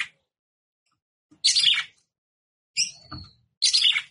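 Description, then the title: Red-cowled cardinal giving a few short, harsh, buzzy chatters. Female red-cowled cardinal, described as "batendo fogo". "Canto Galo De Campina. Fêmea De Galo De Campina Batendo Fogo"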